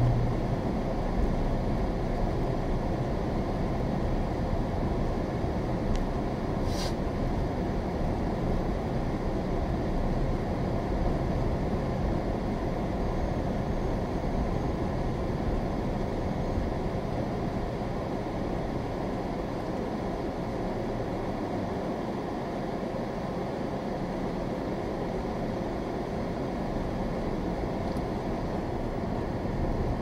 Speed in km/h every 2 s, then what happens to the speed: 16, 18, 18, 18, 18, 19, 19, 19, 15, 8, 5, 3, 6, 10, 13.
0-14 steady at about 18. 14-21 slows to 3. 21-30 speeds up to 13.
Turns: none.